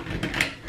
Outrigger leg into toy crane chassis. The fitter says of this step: they extend and they actually when you move them back they click into place